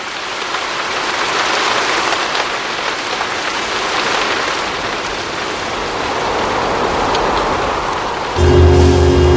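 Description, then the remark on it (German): Heavy rain, whipped slantwise by the wind, pours down without pause onto a street sheltered on one side by roofs, in a dense, continuous hiss that swells and eases slightly, with no voices; near the end a low, steady tonal hum cuts in. “Das einzig Gute an dem Wind war, dass er den Regen schräg vor sich her peitschte und die eine Seite der Kalle trocken blieb, geschützt durch die Dächer.”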